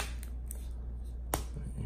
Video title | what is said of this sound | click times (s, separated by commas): SUPCASE Unicorn Beetle Neo Case Review - Samsung Galaxy Note 9 | you'll feel and see it kind of lock into place | 0.5 s, 1.3 s